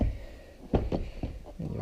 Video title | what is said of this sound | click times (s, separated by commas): Fitting 3 Car Seats In My Toyota 4runner | see it snaps in place and | 0.8 s